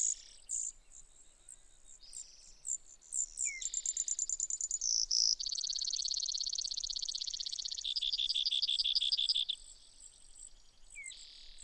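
Brewer's sparrow song: extended run of high trills and dense buzzes shifting pitch, fast pulsed sections alternating with steady buzzy stretches.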